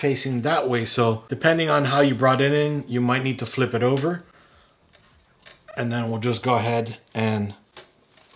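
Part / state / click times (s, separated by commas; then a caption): ATX 24-pin power plug into motherboard header / seated / 7.8 s. Someone talks while a 24-pin ATX power plug is pushed into the motherboard header. After a pause, faint clicks come at 5.0 and 5.5 seconds. A sharper click at 7.8 seconds marks the locking pin engaging and the connector seating.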